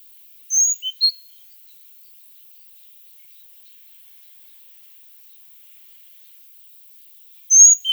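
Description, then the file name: Great tit calls: a short burst of three high, thin notes near the start, then silence, then another similar burst at the very end. "Parus major"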